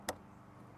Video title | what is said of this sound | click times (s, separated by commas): How To Replace Side View Mirror On A 2004 - 2008 Pontiac Grand Prix. #grandprix | You just push it in until you hear it click, | 0.1 s